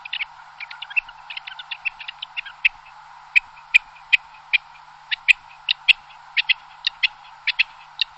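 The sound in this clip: Bird calls: short, sharp chips and ticks given irregularly, sometimes in quick pairs, over a steady hum.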